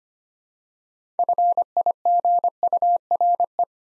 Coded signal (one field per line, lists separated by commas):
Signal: Morse code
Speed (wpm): 25 wpm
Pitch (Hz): 700 Hz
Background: none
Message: FIGURE